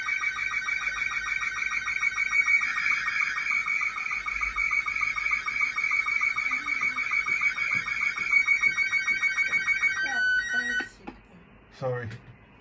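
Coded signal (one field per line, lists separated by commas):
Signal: SSTV (slow-scan television)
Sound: rapid rhythmic warbling tones with regular ticks for ten seconds, then a steady tone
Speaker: i'll turn the volume up on the 3300 just so we can hear the delights of sstv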